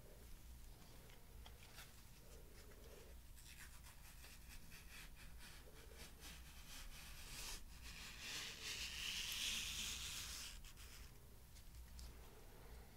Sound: ASMR PLUCKING WITH OBJECTS AND MOUTH SOUNDS